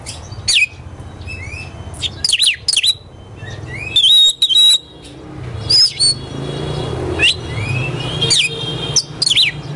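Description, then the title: Oriental magpie-robin song of scattered high whistles and slurred rising notes with short gaps between phrases, a steady low hum underneath. Competition magpie-robin ('kacer poci'), national champion, singing 'gacor' with 'nembak' and 'ngerol' song styles; seven kinds of sound every three minutes. "Kacer Poci Gacor Nembak Dan Ngerol Juara Nasional. 7 macam suara kacer setiap 3 menit"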